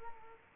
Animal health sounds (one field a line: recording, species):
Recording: mosquito wingbeat signal from an infrared sensor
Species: Culex quinquefasciatus